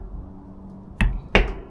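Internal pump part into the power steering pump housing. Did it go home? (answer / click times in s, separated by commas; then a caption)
yes / 1.0 s, 1.3 s. During reassembly of a 1999–2007 Montero/Pajero power steering pump, an internal part with an O-ring is pushed into its bore in the pump housing after being checked for alignment. Over a low background hum, two sharp clunks sound at 1.0 s and 1.4 s, the second louder, as the part catches and seats in place.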